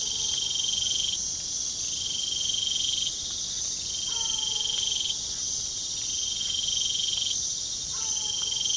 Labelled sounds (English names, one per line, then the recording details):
none
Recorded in pastures near Puerto Asís, Putumayo, Colombia, on 24 June 2025 at 22:30
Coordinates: 0.497, -76.327
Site G040